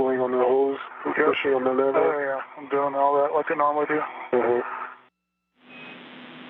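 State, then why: Not seated. A crew member pulls on a hose and pushes a lever to latch a hose quick-disconnect into its fitting, but the coupling does not stay latched. Someone talks over a band-limited radio link, then there is a short silence and a steady hiss, with a brief burst at the very end. Nothing has clicked or seated yet.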